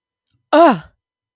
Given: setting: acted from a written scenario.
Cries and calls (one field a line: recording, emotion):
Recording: vocal sound without words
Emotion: negative surprise